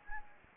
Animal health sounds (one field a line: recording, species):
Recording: mosquito wingbeat signal from an infrared sensor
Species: Anopheles gambiae